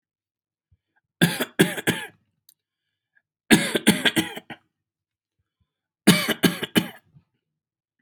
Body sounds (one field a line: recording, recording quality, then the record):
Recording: shallow voluntary cough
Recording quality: excellent, no background noise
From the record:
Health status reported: healthy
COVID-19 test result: not tested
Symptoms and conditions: hypertension, diabetes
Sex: male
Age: 63 years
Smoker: not ticked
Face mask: not worn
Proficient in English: yes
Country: India